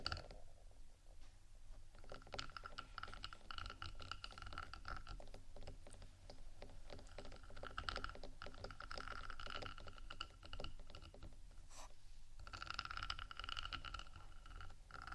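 Scratching and tapping on a microphone decorated with rhinestones, a dense run of quick clicks, taps and gritty scraping sounds. The activity is nearly continuous, with a brief lull around two seconds and another near twelve, over a low steady rumble.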